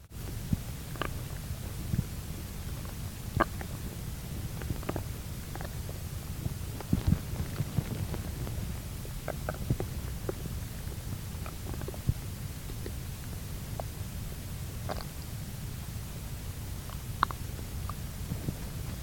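Low steady rumbling with scattered brief clicks and gurgles: ordinary bowel sounds from an adult's stomach after drinking a cup of coffee.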